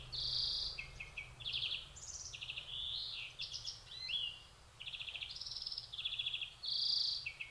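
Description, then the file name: European greenfinch twittering song, a continuous run of rattling trills, short chirps and brief whistled notes shifting in pitch, with low background hum. "Chloris chloris"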